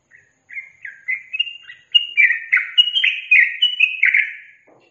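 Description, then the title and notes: Yellow-vented bulbul song, a lively series of rolling, liquid phrases that rise and fall, growing louder in the second half. Master recording used to train captive birds; song in the styles called tembakan and ropel. "MASTERAN Trucukan Tembakan Dan Ropel. BURUNG TRUCUKAN"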